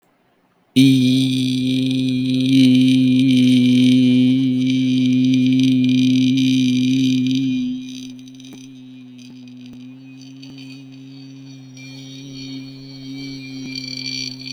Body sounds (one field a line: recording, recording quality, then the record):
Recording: sustained vowel as in beet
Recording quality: excellent, no background noise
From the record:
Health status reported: exposed to COVID-19, no respiratory illness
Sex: male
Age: 22 years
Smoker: no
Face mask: not worn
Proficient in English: yes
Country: India